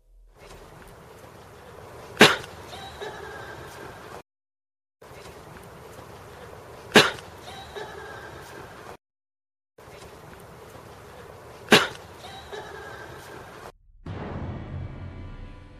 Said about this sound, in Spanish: yo tengo que reconocer que aquí sí que se escucha, la primera vez que lo escuché cuando me lo enviaste, sí que escuchaba claramente un grito de dolor. Vamos a escuchar ese golpe y ese grito.